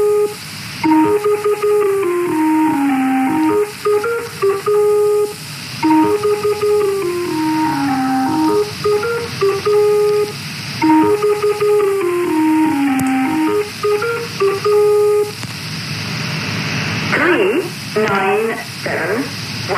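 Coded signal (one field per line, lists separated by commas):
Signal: numbers station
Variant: Lincolnshire Poacher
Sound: electronic organ-like folk melody repeated in phrases, then a brief noisy burst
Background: radio static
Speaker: poco estridente pues es como empieza la comunicación cuando sonaba el lincoln in concert koucher pues sonaba con esa melodía y luego ya empezaba la secuencia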